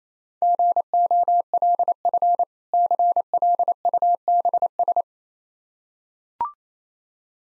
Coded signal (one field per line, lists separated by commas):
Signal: Morse code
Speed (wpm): 28 wpm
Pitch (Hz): 700 Hz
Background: none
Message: GOLF CLUBS